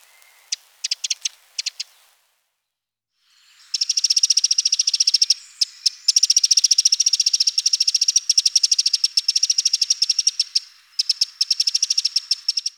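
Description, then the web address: Eurasian wren song: long, rapid, loud high trills of ticking notes, after a few scattered sharp notes. "sons oiseaux troglodyte mignon"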